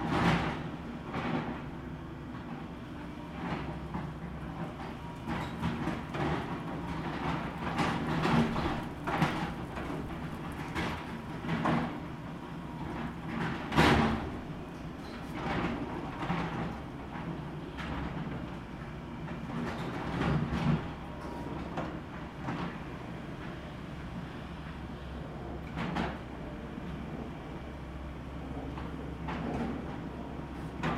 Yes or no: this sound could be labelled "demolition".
yes